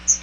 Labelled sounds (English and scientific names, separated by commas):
Chestnut-sided Warbler (Setophaga pensylvanica) flight call